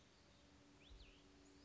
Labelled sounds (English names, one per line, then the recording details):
Cassin's Vireo
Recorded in Sonoma County, California